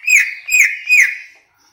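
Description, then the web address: Greater green leafbird song: three drawn-out, ringing whistles, each gliding slightly downward with strong overtones. Banyuwangi; described as gacor (singing persistently). "cucak-ijo suara-cucak-ijo-banyuwangi-gacor"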